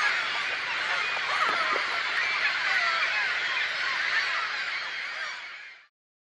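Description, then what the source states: Bird flock chattering, a thick wash of overlapping high calls and squeals that carries on steadily, then stops near the end. A flock of birds on the sea shore.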